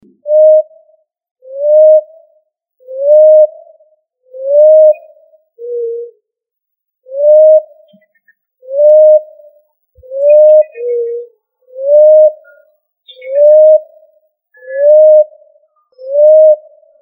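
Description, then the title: Pigeon or dove cooing: a steady series of mid-pitched whistled notes, repeated about every second and a half, with an occasional lower note. "ColumbidaePomba"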